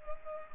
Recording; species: mosquito wingbeat signal from an infrared sensor; Culex pipiens